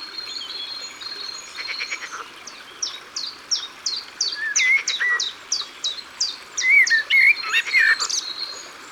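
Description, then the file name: Common chiffchaff song of quick repeated falling notes through most of the recording, with whistled phrases and trills from other birds. Recorded by the water. "Pouillot veloce Au bord de leau"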